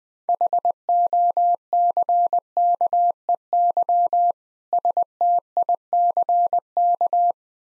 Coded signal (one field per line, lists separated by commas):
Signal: Morse code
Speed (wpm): 21 wpm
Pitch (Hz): 700 Hz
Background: none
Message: HOCKEY STICK